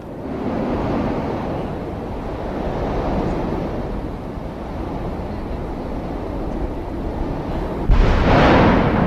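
A volcano rumbles deeply and continuously from within, a steady surf-like roar that swells into a louder, harsher burst of thundering near the end. No voices are present.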